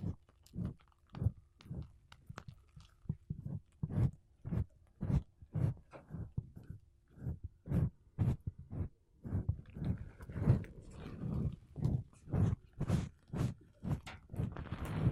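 Makeup brushes and a sponge rub across a microphone in quick, regular strokes, roughly two or three per second, each a soft low thump with a papery swish on top. The strokes grow denser and brighter toward the end, with a faint hiss between them.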